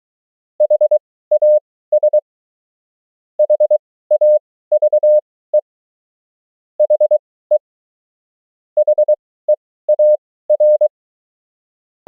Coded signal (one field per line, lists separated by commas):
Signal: Morse code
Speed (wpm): 23 wpm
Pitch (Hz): 600 Hz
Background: none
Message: HAS HAVE HE HEAR